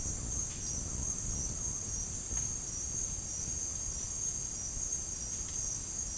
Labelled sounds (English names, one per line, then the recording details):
Purple-throated Fruitcrow
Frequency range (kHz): Purple-throated Fruitcrow 0.7-2.0 kHz
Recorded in dense forest near Puerto Asís, Putumayo, Colombia, on 25 June 2025 at 08:30
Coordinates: 0.481, -76.323
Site G072